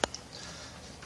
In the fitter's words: just kind of line it up and just turn it nice and easy until it snaps in like that and